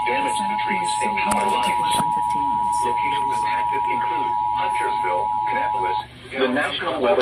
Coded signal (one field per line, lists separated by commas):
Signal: Emergency Alert System (SAME) tones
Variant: 853 and 960 Hz attention tone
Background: speech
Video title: Severe Weather EAS Alerts (Marginal Risk) (7/10/26) EAS 291 - 335